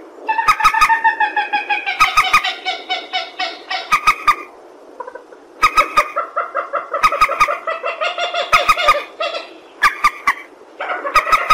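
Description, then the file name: Purple swamphen cackling and honking in repeated nasal phrases, several bursts of quickly stuttered notes, with sharp clicks punctuating the calls. "tieng trich re keu"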